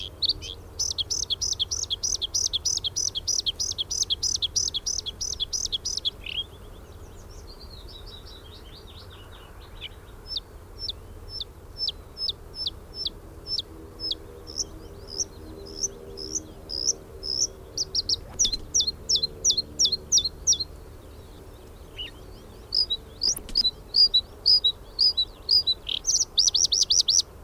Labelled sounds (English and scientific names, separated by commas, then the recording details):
Bluethroat (Luscinia svecica) song
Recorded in the wild
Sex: male
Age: adult
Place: Hallstadt, Bayern, DE
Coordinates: 49.9247, 10.8625
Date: 1964-04-17
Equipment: Vollspur
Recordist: Tretzel, Erwin